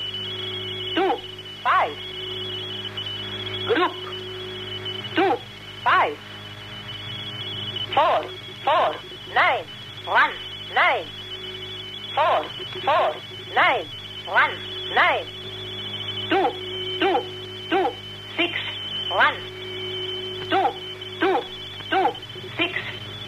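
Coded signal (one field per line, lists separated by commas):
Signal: numbers station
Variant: NNN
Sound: short evenly spaced spoken syllables over a steady high whine and radio hiss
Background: radio static, steady tone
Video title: The Conet Project 311 - NNN Old Incarnation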